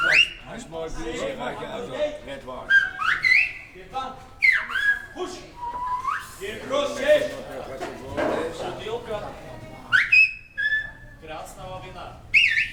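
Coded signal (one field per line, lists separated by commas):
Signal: whistled language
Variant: Silbo Gomero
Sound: short gliding whistles rising and falling between 1 and 3 kHz, alternating with talking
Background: spoken voice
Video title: Silbo Gomero - гомерский свист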